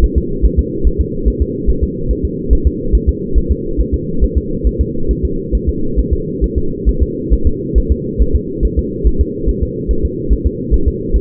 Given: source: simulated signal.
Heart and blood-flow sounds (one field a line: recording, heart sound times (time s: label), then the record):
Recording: fetal heart sounds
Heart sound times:
0.04 s: S1
0.18 s: S2
0.45 s: S1
0.59 s: S2
0.87 s: S1
1.01 s: S2
1.28 s: S1
1.42 s: S2
1.70 s: S1
1.83 s: S2
2.11 s: S1
2.25 s: S2
2.53 s: S1
2.67 s: S2
2.95 s: S1
3.09 s: S2
3.38 s: S1
3.52 s: S2
3.81 s: S1
3.94 s: S2
4.24 s: S1
4.38 s: S2
4.67 s: S1
4.81 s: S2
5.11 s: S1
5.25 s: S2
5.55 s: S1
5.69 s: S2
5.99 s: S1
6.13 s: S2
6.44 s: S1
6.58 s: S2
6.89 s: S1
7.03 s: S2
7.33 s: S1
7.47 s: S2
7.78 s: S1
7.92 s: S2
8.22 s: S1
8.35 s: S2
8.65 s: S1
8.79 s: S2
9.07 s: S1
9.21 s: S2
9.49 s: S1
9.63 s: S2
9.91 s: S1
10.05 s: S2
10.33 s: S1
10.46 s: S2
10.74 s: S1
10.88 s: S2
11.16 s: S1
From the record:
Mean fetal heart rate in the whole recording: 140 bpm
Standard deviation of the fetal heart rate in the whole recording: 2 bpm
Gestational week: 34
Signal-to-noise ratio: -8.1 dB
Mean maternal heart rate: 72 bpm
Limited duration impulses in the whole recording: absent